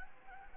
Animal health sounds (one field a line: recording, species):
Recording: mosquito wingbeat signal from an infrared sensor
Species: Anopheles gambiae